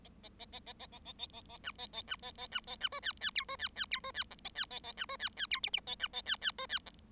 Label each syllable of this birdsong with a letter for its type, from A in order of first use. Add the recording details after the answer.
A A A A A A A A A A A B A A B A A B A B C D D E C D D E C D F A D A A B C D D E G G A B A D D C D F. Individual Bird7